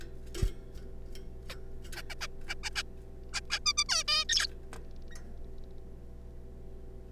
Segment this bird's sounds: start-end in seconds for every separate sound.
1.50-1.54, 1.92-2.02, 2.10-2.14, 2.21-2.27, 2.48-2.54, 2.63-2.70, 2.75-2.82, 3.33-3.40, 3.50-3.59, 3.66-3.73, 3.77-3.84, 3.89-4.03, 4.08-4.24, 4.29-4.47